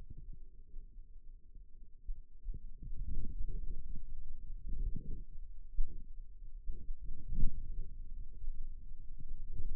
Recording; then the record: forearm muscle sounds (acoustic myography)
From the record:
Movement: outward rotation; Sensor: system 2, bracelet of six BSWA MPA416 microphones around the upper forearm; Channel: 4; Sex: male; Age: 22 years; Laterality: right